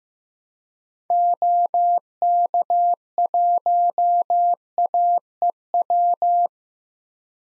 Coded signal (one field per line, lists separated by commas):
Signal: Morse code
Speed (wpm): 15 wpm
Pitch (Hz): 700 Hz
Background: none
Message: OK1AEW